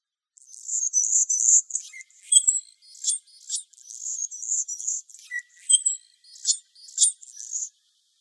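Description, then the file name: Anna's hummingbird giving high, dry, buzzy phrases, mostly steady scratchy strands broken by sharp squeaky notes, repeated in short bursts for about seven seconds; no other sounds heard. Recorded in Arizona. "ANHU 1 deviche"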